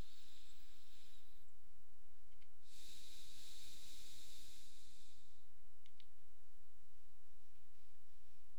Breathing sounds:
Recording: nose breathing near a microphone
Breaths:
0.00-2.33 s: inhalation
2.33-5.88 s: exhalation
From the record:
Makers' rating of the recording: medium

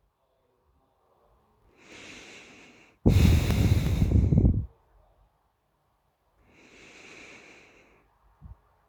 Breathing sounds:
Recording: nose breathing near a microphone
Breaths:
1.60-2.92 s: inhalation
2.92-4.36 s: exhalation
6.27-8.05 s: inhalation
From the record:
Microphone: phone

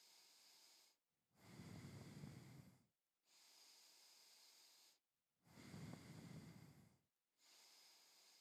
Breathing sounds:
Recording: nose breathing near a microphone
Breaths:
0.00-1.07 s: inhalation
1.07-3.07 s: exhalation
3.07-5.17 s: inhalation
5.17-7.17 s: exhalation
7.17-8.41 s: inhalation
From the record:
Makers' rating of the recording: medium

